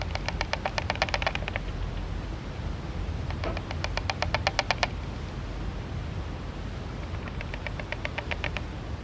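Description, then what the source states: Deathwatch beetle tapping: three rapid bursts of many sharp taps each, separated by pauses of a few seconds, over steady background noise. Males bang their heads on the inside of their burrows in the wood to attract a female; tapping sound from wooden beams.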